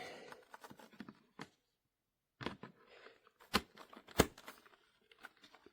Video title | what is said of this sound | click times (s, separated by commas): Review Brake Free Helmet Light - Smart Wireless Motorcycle Lights- Weatherproof LED Motorcycle Helme | There you go. It clicked in. | 3.6 s, 4.2 s